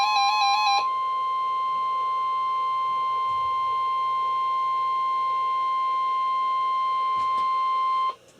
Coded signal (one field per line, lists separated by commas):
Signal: Emergency Alert System (SAME) tones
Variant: 1050 Hz attention tone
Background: music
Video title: AcuRite 8550 NOAA Required Weekly Test (EAS #42)